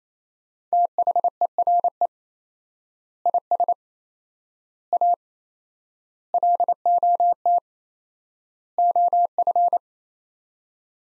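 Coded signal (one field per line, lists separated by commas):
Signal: Morse code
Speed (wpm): 28 wpm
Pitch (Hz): 700 Hz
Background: none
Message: THERE IS A LOT OF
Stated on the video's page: Morse code practice of five-word sets at 28 wpm with 4x word spacing, a Farnsworth-like method using words, each set sent, spoken, then resent.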